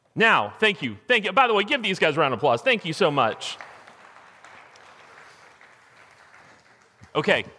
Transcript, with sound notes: Now, thank you, thank you. By the way, give these guys a round of applause. [Congregation applauds.] Thank you so much. Okay,